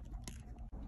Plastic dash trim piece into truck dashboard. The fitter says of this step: all right so this was just popping into place you kind of have to pull up on this plastic piece here